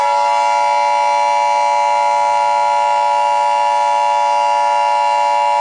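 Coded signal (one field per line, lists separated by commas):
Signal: Emergency Alert System (SAME) tones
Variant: 853 and 960 Hz attention tone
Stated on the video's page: Fictional EAS scenario alert from the final installment of a Minecraft Attack series.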